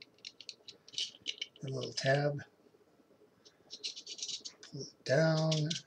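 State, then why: Not seated. A knife blade in a one-way out-the-front switchblade handle is handled, with light clicks and ticks between bursts of someone talking. The button is pressed and the little tab pushed down, but the blade has not locked in place yet.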